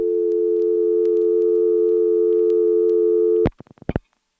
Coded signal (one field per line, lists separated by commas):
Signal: telephone call progress tone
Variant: North America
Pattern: dial tone